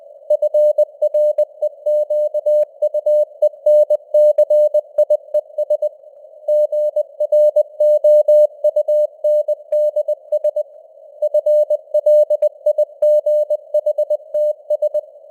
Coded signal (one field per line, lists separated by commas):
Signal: Morse code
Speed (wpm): 20 wpm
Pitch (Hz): 600 Hz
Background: none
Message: FREQUENCIES GROUNDS FLIGHTS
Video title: Morse Code News | 2026-01-04 | 20wpm